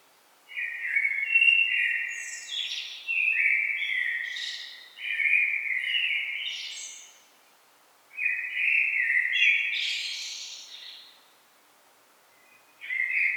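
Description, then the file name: Common blackbird singing several fluty warbling phrases with high, scratchy twitters, separated by pauses. "Turdus merula"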